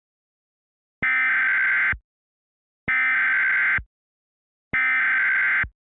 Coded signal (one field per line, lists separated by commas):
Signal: Emergency Alert System (SAME) tones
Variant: header bursts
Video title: EAS Mock: Okay buddy.